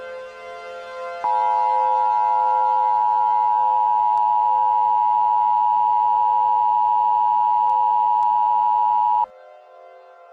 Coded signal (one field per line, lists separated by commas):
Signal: Emergency Alert System (SAME) tones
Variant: 853 and 960 Hz attention tone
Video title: AndrewSilverman's Old Channel Invasion (2020) (EAS Scenario)